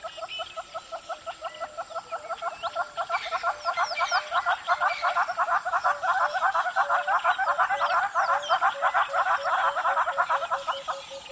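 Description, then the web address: Red-billed hornbill calling, a long run of clucking notes that grows louder, about three per second, with a faint high insect whine behind. Red-billed hornbill recorded together with insects. "pajaro de pico rojo pajaro rinoceronte tochus erythrorhynchus insectos"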